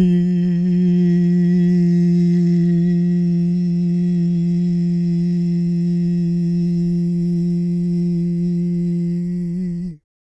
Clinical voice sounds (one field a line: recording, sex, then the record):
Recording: sustained vowel /i/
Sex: male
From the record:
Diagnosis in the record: Parkinson's disease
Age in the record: 77 years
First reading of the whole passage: 65 s, 8.0 characters per second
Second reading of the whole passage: 61 s, 8.5 characters per second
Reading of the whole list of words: 50 s, 5.6 characters per second